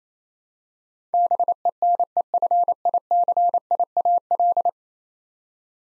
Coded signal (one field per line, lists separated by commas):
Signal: Morse code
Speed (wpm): 28 wpm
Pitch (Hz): 700 Hz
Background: none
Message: BENEFICIAL